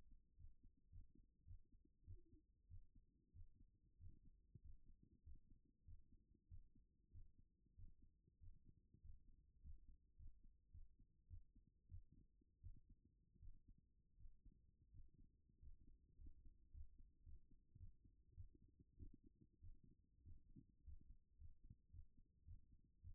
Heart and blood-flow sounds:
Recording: heart sounds by stethoscope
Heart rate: 99 bpm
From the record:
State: at rest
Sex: female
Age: 25 years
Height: 169 cm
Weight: 64 kg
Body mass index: 22.41

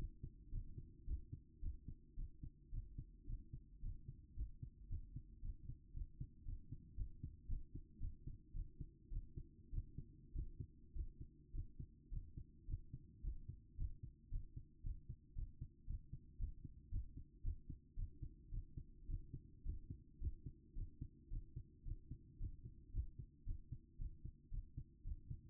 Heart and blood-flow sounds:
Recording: heart sounds by stethoscope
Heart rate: 110 bpm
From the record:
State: after exercise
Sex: female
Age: 27 years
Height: 169 cm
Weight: 63 kg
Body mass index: 22.06

